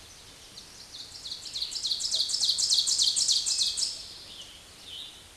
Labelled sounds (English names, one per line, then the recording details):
Ovenbird song
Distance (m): 15 m
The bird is about 5 m above the microphone
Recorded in a Pennsylvania forest on 16 May 2024 at 06:32
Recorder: AudioMoth, point MSD-0475
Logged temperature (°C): 12.3 °C
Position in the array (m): 135 m, 6 m